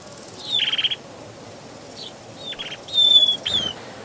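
Spanish sparrow chirps: a quick burst of short, sharp notes, then a few more scattered chirps.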